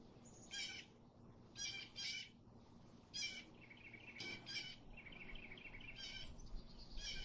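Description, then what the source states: Blue jay giving harsh, buzzy squawks, singly and in pairs, about eight over seven seconds, with soft chatter between them and low background rumble. Blue jay song recorded amid nature.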